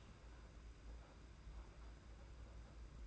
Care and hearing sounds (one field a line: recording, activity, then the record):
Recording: daily activity, microphone in the room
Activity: open fridge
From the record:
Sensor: 2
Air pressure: 991.7 hPa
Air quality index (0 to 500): 221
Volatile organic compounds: 1000 ppm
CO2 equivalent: 7387 ppm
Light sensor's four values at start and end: 25/80/31/29 and 25/80/31/29